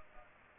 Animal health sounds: mosquito wingbeat signal from an infrared sensor; Culex pipiens

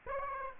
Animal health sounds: mosquito wingbeat signal from an infrared sensor; Aedes aegypti

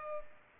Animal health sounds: mosquito wingbeat signal from an infrared sensor; Culex pipiens

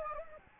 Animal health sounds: mosquito wingbeat signal from an infrared sensor; Anopheles gambiae

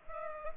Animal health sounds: mosquito wingbeat signal from an infrared sensor; Culex pipiens

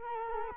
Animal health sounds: mosquito wingbeat signal from an infrared sensor; Culex quinquefasciatus

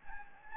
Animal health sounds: mosquito wingbeat signal from an infrared sensor; Anopheles gambiae

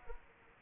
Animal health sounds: mosquito wingbeat signal from an infrared sensor; Aedes aegypti

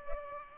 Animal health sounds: mosquito wingbeat signal from an infrared sensor; Culex pipiens

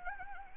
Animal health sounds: mosquito wingbeat signal from an infrared sensor; Anopheles arabiensis

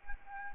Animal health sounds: mosquito wingbeat signal from an infrared sensor; Anopheles arabiensis

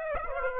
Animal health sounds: mosquito wingbeat signal from an infrared sensor; Aedes aegypti

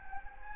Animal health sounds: mosquito wingbeat signal from an infrared sensor; Anopheles gambiae

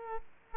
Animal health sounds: mosquito wingbeat signal from an infrared sensor; Aedes aegypti

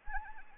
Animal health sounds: mosquito wingbeat signal from an infrared sensor; Anopheles arabiensis

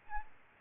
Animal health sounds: mosquito wingbeat signal from an infrared sensor; Aedes albopictus

